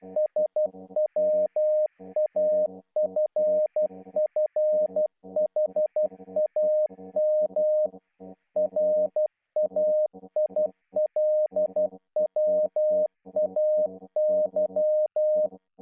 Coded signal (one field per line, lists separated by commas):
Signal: Morse code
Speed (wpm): 12 wpm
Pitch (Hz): 610 Hz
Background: music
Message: SWAFFHAM RAILWAY